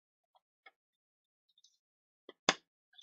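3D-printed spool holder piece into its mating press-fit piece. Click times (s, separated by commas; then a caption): 2.5 s. A 3D-printed plastic spool holder piece is pressed into its mating press-fit piece. A few faint plastic ticks come first, then a loud, sharp snap at 2.5 s as the part seats home, followed by a couple of soft clicks.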